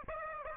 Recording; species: mosquito wingbeat signal from an infrared sensor; Aedes aegypti